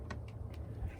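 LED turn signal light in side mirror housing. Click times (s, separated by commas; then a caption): 0.1 s. An aftermarket plastic sequential LED turn signal light is hooked in at the front and pushed into a Ford Focus ST/RS/SE side mirror housing until it snaps in, with a sharp click at 0.1 s and fainter ticks around 0.3 s and 0.5 s over a steady low rumble. The light seats in the housing, though the fit is a little wiggly.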